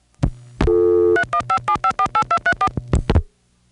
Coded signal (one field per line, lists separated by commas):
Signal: DTMF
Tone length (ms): 80 ms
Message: 3157548234